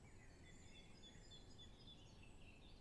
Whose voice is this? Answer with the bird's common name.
Great Tit